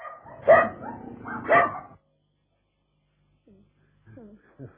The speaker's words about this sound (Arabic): الكلب لسه بيجري ورانا. اجري اجري نستخبى منه في حته.